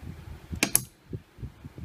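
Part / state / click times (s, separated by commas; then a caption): CPU cooler push pin into motherboard mounting hole / seated / 0.6 s, 0.8 s. The first plastic push pin of a CPU cooler is pressed down into its motherboard mounting hole. Two sharp, bright clicks ring out at 0.6 and 0.8 seconds over faint low handling noise, with a soft thump near 1.1 seconds. The pin clicks in and is seated.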